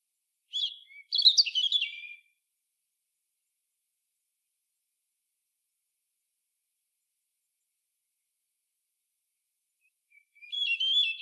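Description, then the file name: European robin song: a thin, high warbled phrase with quick trills near the start, a long silence, then another sweet, tinkling phrase begins at the end. "Erithacus rubecula"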